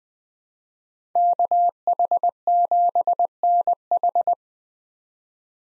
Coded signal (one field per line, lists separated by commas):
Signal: Morse code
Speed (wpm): 20 wpm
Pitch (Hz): 700 Hz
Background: none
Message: KH7NH